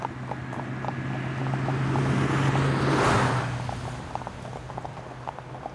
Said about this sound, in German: Da kommt ein Auto. Keine Angst. Unsere Pferde sind Straßenverkehr gewöhnt.